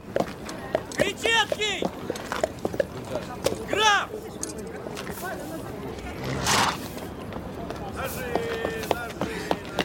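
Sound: horse being led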